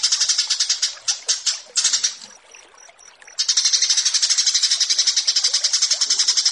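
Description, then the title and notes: Australasian bushlark song with quick high chirps, a quiet pause, then a steady rapid stream of high pulsed notes. Bird-keeping song tutoring (masteran). "Branjangan VS BURGER Masteran Mewah 1. burung BRANJANGAN"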